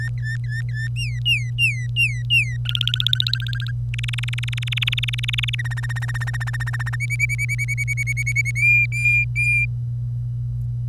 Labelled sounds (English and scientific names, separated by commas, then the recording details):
Domestic Canary (Serinus canaria) song
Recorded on 25 April 2018 at 09:53
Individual llb3